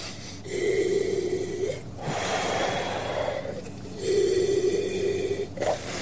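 Slow, deep breaths drawn through an oxygen mask from an oxygen bottle, two long hissing inhalations with a tonal whistle, each followed by a broad airy exhale; steady and fairly loud with no talking.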